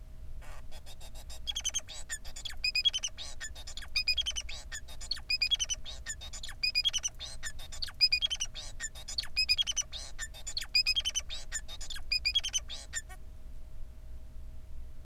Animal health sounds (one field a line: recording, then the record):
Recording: song of a male Bengalese finch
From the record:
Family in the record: son of father 4